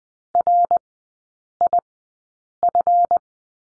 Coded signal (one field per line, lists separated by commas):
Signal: Morse code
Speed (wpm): 20 wpm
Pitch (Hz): 700 Hz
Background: none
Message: RIF